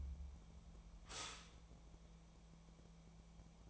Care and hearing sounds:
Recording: daily activity, microphone in the room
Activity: stop toaster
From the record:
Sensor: 1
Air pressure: 1000.3 hPa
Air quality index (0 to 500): 156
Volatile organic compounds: 3 ppm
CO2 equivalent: 1460 ppm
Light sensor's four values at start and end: 29/72/30/36 and 29/72/30/36

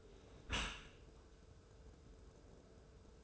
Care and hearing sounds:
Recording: daily activity, microphone in the room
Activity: close dishwasher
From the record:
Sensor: 2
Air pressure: 1014.8 hPa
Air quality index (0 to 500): 26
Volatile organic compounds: 1 ppm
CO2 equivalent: 508 ppm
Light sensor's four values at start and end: 10/22/9/9 and 10/22/9/9

